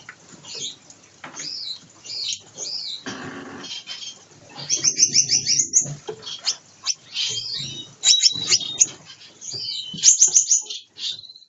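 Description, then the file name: Gouldian finch song: high buzzy and whistled notes with rapid trills and repeated chirps, broken by rustling and scratching sounds. Pair formation and courtship dance. "amadiny gulda sozdanie pary bracnyi tanec"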